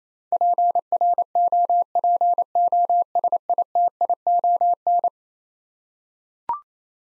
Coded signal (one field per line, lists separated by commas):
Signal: Morse code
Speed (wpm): 28 wpm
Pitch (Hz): 700 Hz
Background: none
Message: PROPOSITION